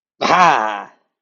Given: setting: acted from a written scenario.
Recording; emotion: vocal sound without words; triumph